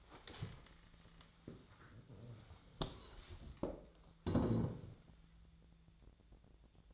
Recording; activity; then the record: daily activity, microphone in the room; stand up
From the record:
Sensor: 3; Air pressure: 1000.5 hPa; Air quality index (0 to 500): 168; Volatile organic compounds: 3 ppm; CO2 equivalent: 1468 ppm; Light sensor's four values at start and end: 17/39/17/17 and 17/39/17/18